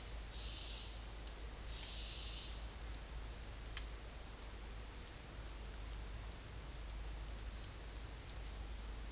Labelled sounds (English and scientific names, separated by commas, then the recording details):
none
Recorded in dense forest near Puerto Asís, Putumayo, Colombia, on 22 December 2024 at 10:30
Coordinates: 0.485, -76.318
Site GP03